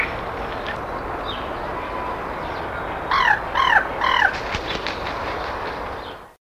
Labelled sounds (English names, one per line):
Common Raven call